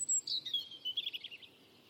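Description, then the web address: European robin song fragment: a descending thin warble breaking into rapid notes. "Deverinetal 2025"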